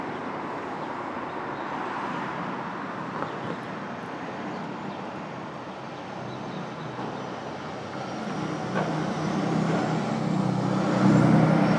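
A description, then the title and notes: Street traffic at dawn, a steady wash of road noise with cars passing. Around eight seconds a heavier vehicle approaches, its low engine rumble growing louder through the end. Brooklyn Dawn, 4 - 17 - 20, Street Traffic II.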